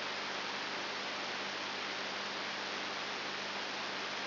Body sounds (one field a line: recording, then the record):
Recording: brain microelectrode recording played as sound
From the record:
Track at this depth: inside the subthalamic nucleus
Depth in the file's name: 5.5 mm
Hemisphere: left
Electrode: 3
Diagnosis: Parkinson's disease